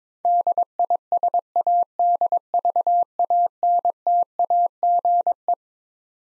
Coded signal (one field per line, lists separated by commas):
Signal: Morse code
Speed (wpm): 22 wpm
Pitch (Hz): 700 Hz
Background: none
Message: DISADVANTAGE